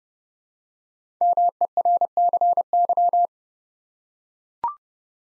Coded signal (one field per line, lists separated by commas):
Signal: Morse code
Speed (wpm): 30 wpm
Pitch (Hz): 700 Hz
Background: none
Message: MERCY